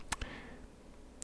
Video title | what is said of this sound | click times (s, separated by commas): Best audio recording setup for the beginners and pro's? | there's a nice satisfying click once you uh connect it to a microphone and um | 0.1 s